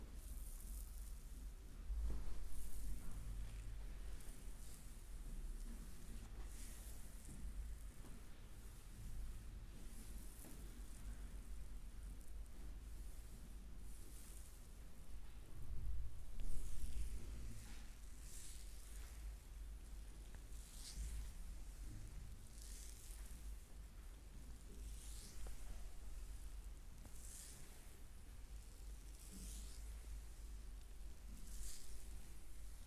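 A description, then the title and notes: Hands work over a body in a massage, soft brushing strokes recurring every second or two over a steady low rumble. ASMR very relaxing body massage Massage Therapy.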